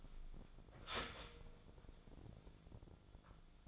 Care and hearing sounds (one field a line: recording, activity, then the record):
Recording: daily activity, microphone in the room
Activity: start toaster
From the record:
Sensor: 5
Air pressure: 1000.4 hPa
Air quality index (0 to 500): 129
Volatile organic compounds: 2 ppm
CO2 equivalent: 1017 ppm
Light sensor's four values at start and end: 81/190/81/87 and 81/189/81/87